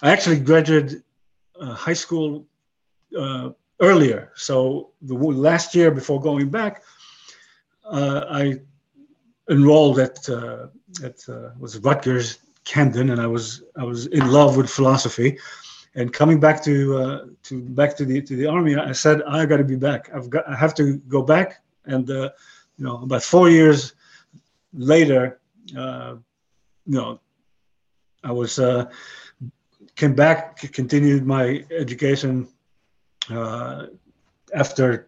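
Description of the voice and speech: A 62-year-old man speaks haltingly, with long pauses, fillers, restarts and grammar slips, fitting mild aphasia after a stroke about 11 years earlier. His English comes out broken, and he struggles with word construction.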